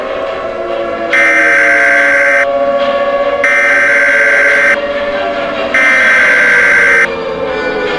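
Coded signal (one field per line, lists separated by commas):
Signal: Emergency Alert System (SAME) tones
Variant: header bursts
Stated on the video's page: Fictional EAS scenario, not a real broadcast.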